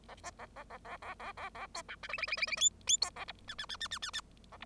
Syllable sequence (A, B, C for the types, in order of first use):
A B A A A A A A A A C D E F F F F F G G C A H I I I I I I I A H